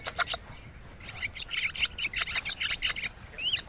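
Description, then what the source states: Barn Swallow twittering: a busy run of chirpy, warbled notes over steady background noise. Swallow song and calls played on repeat from a CD beside a mist net in a maize field, as a lure to draw in roosting swallows.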